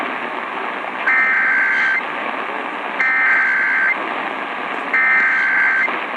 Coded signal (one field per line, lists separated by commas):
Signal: Emergency Alert System (SAME) tones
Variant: header bursts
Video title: [FOUND] Little Elm, TX AMBER Alert on WBAP 820 AM (w/ Siren) | EAS #235 (2/1/2024)